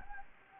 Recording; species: mosquito wingbeat signal from an infrared sensor; Anopheles gambiae